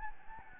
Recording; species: mosquito wingbeat signal from an infrared sensor; Anopheles gambiae